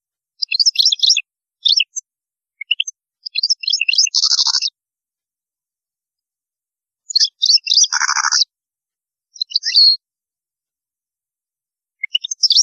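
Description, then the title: European goldfinch song: bursts of fast twittering and buzzy trills with a lower rattling note, separated by short pauses. "Chant Chardonneret"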